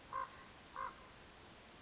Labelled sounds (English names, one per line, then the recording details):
Common Raven
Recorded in Sonoma County, California